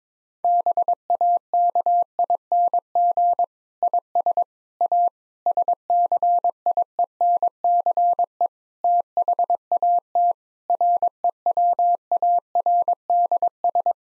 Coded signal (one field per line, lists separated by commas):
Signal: Morse code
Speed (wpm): 22 wpm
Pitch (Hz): 700 Hz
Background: none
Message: BAKING IS A SCIENCE THAT REWARDS